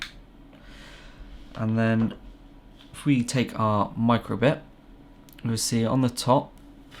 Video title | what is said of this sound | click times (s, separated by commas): Getting started with the BBC micro:bit | tops should just slide back on and go with a nice click and then | 0.0 s